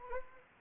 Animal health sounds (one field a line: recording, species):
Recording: mosquito wingbeat signal from an infrared sensor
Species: Anopheles arabiensis